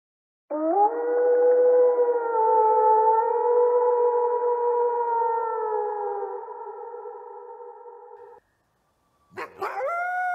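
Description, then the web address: Wolf howling: a long, steady, rich tone held for nearly eight seconds with slight wavering, followed by silence and the sharp start of another rising howl. "Prunty Cheyenne. Wolf Howling"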